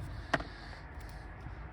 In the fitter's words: You just push until it snaps into place.